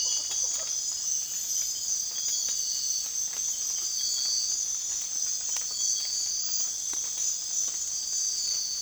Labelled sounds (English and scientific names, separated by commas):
none